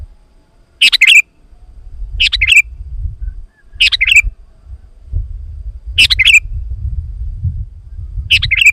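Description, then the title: Sooty-headed bulbul giving several short bubbly phrases over a low rumbling background. "kutilang"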